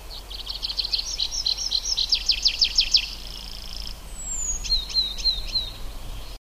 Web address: ljud Anthus trivialis